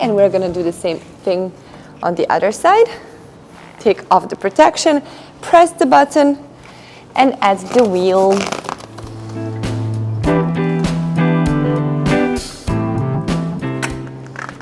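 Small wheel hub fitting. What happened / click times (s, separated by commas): The wheel is being fitted but has not yet clicked home / none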